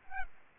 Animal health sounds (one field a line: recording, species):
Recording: mosquito wingbeat signal from an infrared sensor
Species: Aedes albopictus